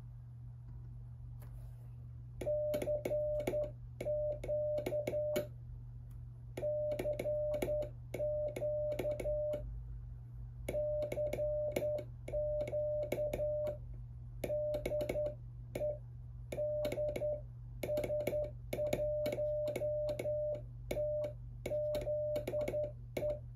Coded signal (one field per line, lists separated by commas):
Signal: Morse code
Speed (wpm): 10 wpm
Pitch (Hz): 600 Hz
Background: music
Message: CQ CQ CQ DE DS1TZE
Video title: Web CW Decoder as a Straight Key Trainer